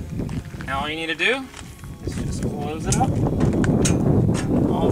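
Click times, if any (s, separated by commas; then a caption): 3.6 s, 3.9 s. Folding tables of a Tailgate Partymate tailgate hitch table are swung closed on their hitch-mounted stand while someone talks. The spring pop pins lock into place with sharp clicks at 3.6 s and 3.9 s, securing the tables in the closed and locked position.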